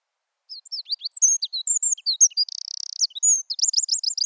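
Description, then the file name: Eurasian wren: high, scattered squeaky notes building into a dry, buzzy trill, then a burst of rapid repeated chips. No other sounds. "Troglodytes troglodytes"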